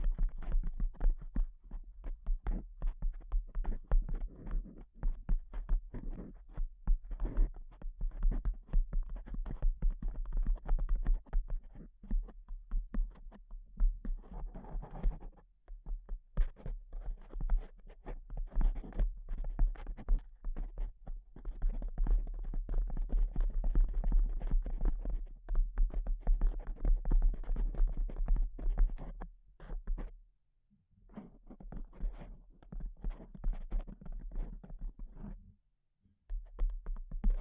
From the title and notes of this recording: ASMR Pure Tapping Fast and Slow (No Talking).